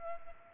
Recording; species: mosquito wingbeat signal from an infrared sensor; Culex pipiens